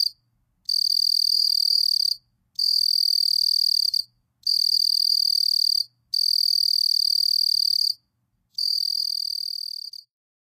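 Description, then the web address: Southeastern field cricket singing in long pure trills of about one and a half seconds, separated by brief pauses, five bursts. North America. "Songs of Insects. Southeastern Field Cricket"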